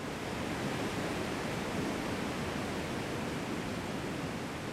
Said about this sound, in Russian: Послушайте, как течет равнинная река. Это что-то очень мощное, большое и широкое. И даже если мы не видим эту реку, мы можем предположить ее мощь.